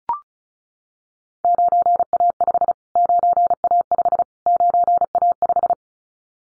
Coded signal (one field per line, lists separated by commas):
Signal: Morse code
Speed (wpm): 34 wpm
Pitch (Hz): 700 Hz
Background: none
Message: 9A5 9A5 9A5